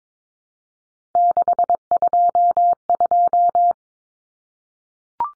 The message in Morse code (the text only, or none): 622